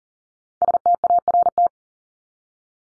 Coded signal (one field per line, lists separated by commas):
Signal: Morse code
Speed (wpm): 40 wpm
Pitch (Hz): 700 Hz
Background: none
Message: START